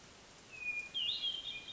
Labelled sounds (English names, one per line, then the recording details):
Hermit Thrush
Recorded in Sonoma County, California